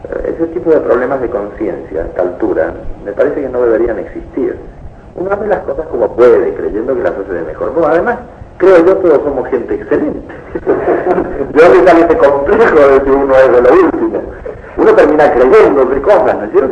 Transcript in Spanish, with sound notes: Ese tipo de problemas de conciencia, a esta altura, me parece que no deberían existir, uno hace las cosas como puede, creyendo que las hace del mejor modo. Además, creo yo, todos somos gente excelente, (risas) De dónde sale ese complejo de que uno es de lo último, uno termina creyéndose cosas, ¿no es cierto?